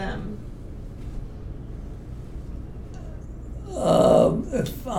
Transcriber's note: none